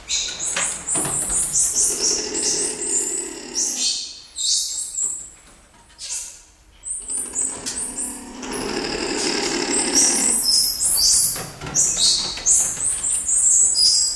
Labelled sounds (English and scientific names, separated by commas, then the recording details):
Red Ruffed Lemur (Varecia rubra)
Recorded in captivity
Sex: group
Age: adult
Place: Tiergarten Schönbrunn, Wien, AT
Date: 1999-11-09 16:15
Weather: bedeckt, ca. 6°C
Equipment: Sony WM-D6C, Sennheiser ME 80, Kopie Uher 4000 Report Monitor
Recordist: Tembrock, Günter